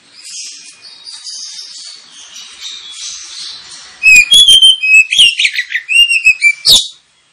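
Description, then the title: Oriental magpie-robin song: four seconds of faint chattering, then a loud burst of sharp, varied whistled notes and slurred phrases that stops abruptly. Kacer lure recording intended to provoke kacer birds into fighting song; singing described as ngotot, full tembakan, ngeplong and gacor. "Kacer Langsung Tarung Konslet KACER NGOTOT FULL TEMBAKAN. Kacer dimana SAJA Bakalan NGEPLONG GACOR dengan Pancingan Kacer ini"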